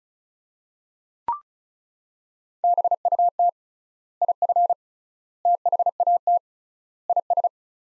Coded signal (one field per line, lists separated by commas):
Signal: Morse code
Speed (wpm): 36 wpm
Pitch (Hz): 700 Hz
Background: none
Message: BUT IF THAT IS